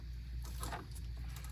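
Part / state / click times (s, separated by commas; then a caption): aftermarket radio harness connector into factory car harness plug / not seated / none. A plastic aftermarket radio harness connector is pushed into the factory radio harness plug of a Prius, producing soft plastic rubbing and faint taps over a steady low hum. The connector has not clicked or seated; it fails to click.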